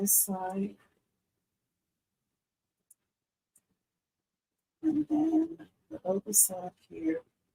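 Snap hardware is handled by hand against its mating part in a sewing and embroidery setup, before a tool is used on it. Someone talks at the start and again from about 4.8 s, with a quiet stretch between that holds only two faint brief ticks near 2.9 s and 3.6 s. Nothing has seated or clicked yet.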